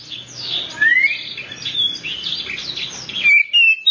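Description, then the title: Oriental magpie-robin song, a jumble of high chirps and squeaky notes over a steady hiss, ending with several loud, clear whistled notes. "Kacer"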